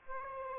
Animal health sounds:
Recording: mosquito wingbeat signal from an infrared sensor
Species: Aedes aegypti

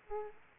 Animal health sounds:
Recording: mosquito wingbeat signal from an infrared sensor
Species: Aedes aegypti

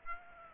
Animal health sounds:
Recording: mosquito wingbeat signal from an infrared sensor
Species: Aedes aegypti

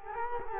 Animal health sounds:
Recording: mosquito wingbeat signal from an infrared sensor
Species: Culex quinquefasciatus

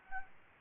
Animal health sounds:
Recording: mosquito wingbeat signal from an infrared sensor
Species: Aedes albopictus

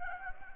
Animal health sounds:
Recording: mosquito wingbeat signal from an infrared sensor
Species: Anopheles gambiae

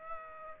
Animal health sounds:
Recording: mosquito wingbeat signal from an infrared sensor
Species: Aedes aegypti

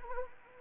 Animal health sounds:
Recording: mosquito wingbeat signal from an infrared sensor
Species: Anopheles arabiensis

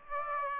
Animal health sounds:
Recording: mosquito wingbeat signal from an infrared sensor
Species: Aedes aegypti

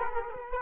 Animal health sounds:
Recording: mosquito wingbeat signal from an infrared sensor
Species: Culex quinquefasciatus

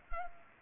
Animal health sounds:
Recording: mosquito wingbeat signal from an infrared sensor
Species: Culex pipiens

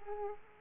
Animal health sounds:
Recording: mosquito wingbeat signal from an infrared sensor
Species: Aedes aegypti

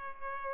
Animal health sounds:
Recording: mosquito wingbeat signal from an infrared sensor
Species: Culex pipiens

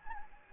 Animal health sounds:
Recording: mosquito wingbeat signal from an infrared sensor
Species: Anopheles gambiae

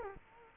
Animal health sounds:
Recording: mosquito wingbeat signal from an infrared sensor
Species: Culex quinquefasciatus

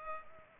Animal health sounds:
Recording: mosquito wingbeat signal from an infrared sensor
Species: Culex pipiens

